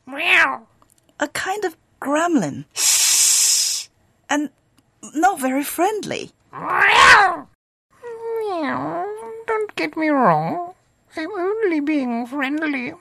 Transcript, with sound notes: A kind of gremlin. And not very friendly.
(crazed miaow of anger as Spencer throws himself on Li) Miaow, don't get me wrong, I am only being friendly!